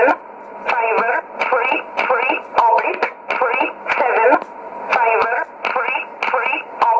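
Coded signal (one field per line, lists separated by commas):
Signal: numbers station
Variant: E11 Oblique, English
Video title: 09 11 2016 Number station E11 Oblique in English to Eu 0902 on 9446 unknown tx site USB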